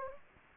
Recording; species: mosquito wingbeat signal from an infrared sensor; Anopheles gambiae